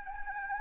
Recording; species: mosquito wingbeat signal from an infrared sensor; Anopheles gambiae